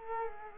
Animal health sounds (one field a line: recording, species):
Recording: mosquito wingbeat signal from an infrared sensor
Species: Culex quinquefasciatus